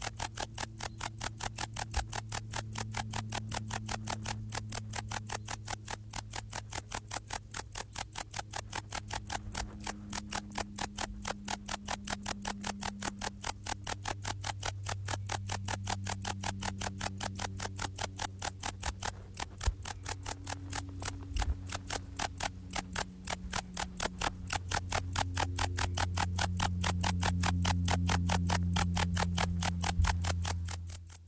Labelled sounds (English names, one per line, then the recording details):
Bog Bush-cricket stridulation
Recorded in the wild
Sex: male
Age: imago
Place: Königswartha, Oberlausitz, Sachsen, DE
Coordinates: 51.3272, 14.3083
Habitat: meadow
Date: 1989-08-10
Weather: sonnig
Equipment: Riporter 6 RG-K, Halbspur, Sennheiser MKH 416 T
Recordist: Frommolt, Karl-Heinz